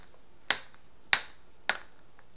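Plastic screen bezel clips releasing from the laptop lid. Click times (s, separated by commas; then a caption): 0.5 s, 1.1 s, 1.7 s. The plastic screen bezel on an MSI GE62 6QD Apache Pro laptop is worked loose all the way around the screen, and its clips release from the laptop lid. Three loud, sharp snaps are heard at 0.5, 1.1 and 1.7 seconds, with a few faint ticks between them. The clips snap open and the bezel comes free.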